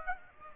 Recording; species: mosquito wingbeat signal from an infrared sensor; Aedes aegypti